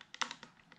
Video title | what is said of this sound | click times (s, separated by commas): How to install Handguards - Kawasaki KX250X | like that it locks in place | 0.2 s